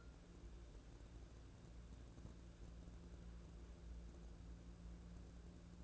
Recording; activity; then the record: daily activity, microphone in the room; wipe stove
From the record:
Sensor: 2